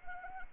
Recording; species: mosquito wingbeat signal from an infrared sensor; Anopheles arabiensis